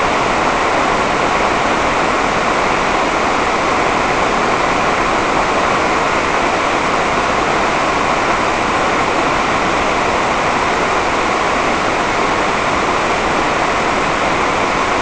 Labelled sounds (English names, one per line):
none